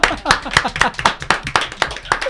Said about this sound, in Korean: 박수 한번 치시죠.